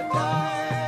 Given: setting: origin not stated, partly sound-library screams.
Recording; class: one-second piece from a danger detection set; normal situation